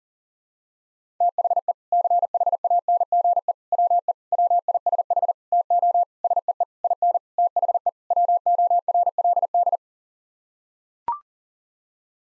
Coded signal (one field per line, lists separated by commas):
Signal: Morse code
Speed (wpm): 40 wpm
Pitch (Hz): 700 Hz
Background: none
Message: THE CHANGE WE WISH TO SEE IN THE WORLD